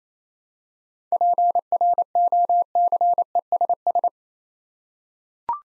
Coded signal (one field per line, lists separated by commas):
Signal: Morse code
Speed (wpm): 29 wpm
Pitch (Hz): 700 Hz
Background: none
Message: PROCESS